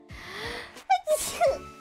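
A quick inward gasp, then a sharp voiced burst with hissing breath: a single sneeze from an adult woman.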